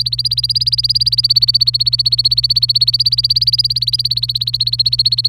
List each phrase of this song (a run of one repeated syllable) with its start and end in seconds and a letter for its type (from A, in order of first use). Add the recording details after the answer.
0.00-5.28 A. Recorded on 26 April 2018 at 11:24. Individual llb3